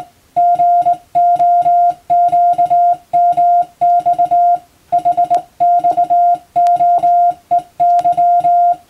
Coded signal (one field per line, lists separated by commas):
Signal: Morse code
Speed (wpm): 20 wpm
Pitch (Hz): 700 Hz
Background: music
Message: GOQMX HXOEY